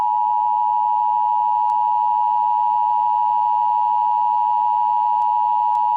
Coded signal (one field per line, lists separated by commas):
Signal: Emergency Alert System (SAME) tones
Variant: 853 and 960 Hz attention tone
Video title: Eas Scenario: The Void (interactive)